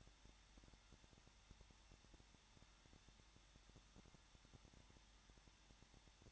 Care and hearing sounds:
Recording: daily activity, microphone in the room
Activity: no activity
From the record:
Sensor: 3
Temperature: 21.2 degrees Celsius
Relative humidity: 36.4%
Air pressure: 1006.4 hPa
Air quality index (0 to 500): 222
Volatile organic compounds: 42 ppm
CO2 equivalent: 3182 ppm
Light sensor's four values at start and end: 2/3/2/2 and 2/3/2/2

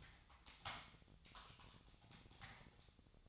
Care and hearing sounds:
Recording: daily activity, microphone in the room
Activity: typing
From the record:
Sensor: 3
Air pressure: 999.2 hPa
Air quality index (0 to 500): 206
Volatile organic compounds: 55 ppm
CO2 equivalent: 3362 ppm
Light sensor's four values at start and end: 8/20/7/8 and 8/20/7/8

